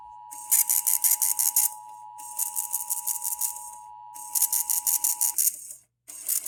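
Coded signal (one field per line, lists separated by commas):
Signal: Emergency Alert System (SAME) tones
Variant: 853 and 960 Hz attention tone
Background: music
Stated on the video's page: Broadcast radio Required Monthly Test from local stations.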